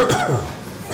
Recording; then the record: coughing mixed with background sound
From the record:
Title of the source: Mid-morning Winter Coughing Fit